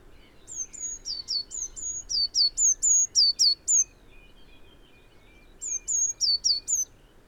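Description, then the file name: Eurasian blue tit singing high, thin repeated notes in two fast trills, each note dropping sharply in pitch, about four per second. "Cyanistes caeruleus"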